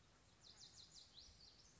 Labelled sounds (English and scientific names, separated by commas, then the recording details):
Lazuli Bunting (Passerina amoena)
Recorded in Sonoma County, California